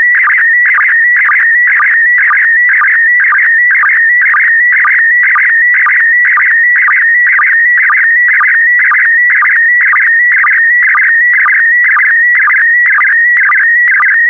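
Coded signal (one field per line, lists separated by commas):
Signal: SSTV (slow-scan television)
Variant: PD120 mode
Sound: warbling whistle-like tone with a steady rhythmic chirp about twice per second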